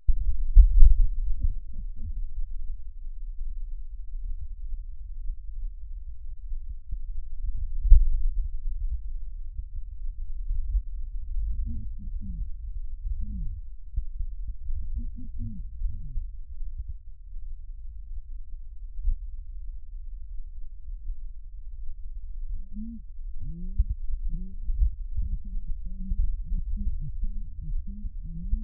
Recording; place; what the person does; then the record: lung sounds by stethoscope; left anterior apical chest; quiet breathing, then cough and speech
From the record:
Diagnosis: pulmonary infection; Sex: female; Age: 74 years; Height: 160 cm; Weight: 66 kg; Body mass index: 25.8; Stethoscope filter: bell mode